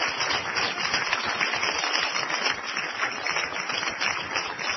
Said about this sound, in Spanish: Dale un aplauso al Señor de la Gloria.